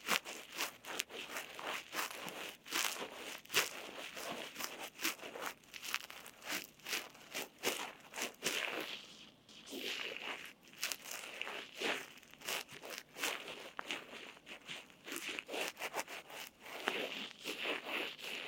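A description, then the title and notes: Crackling rustles of an inner ear cleaning fill the clip with dense bursts of scratchy, crunching clicks. The sound is bright, pulsing irregularly in short clusters with brief softer gaps, notably a quieter moment around the middle. 刺痛的深層掏耳 | DEEP Inner Ear Cleaning | NO Talking.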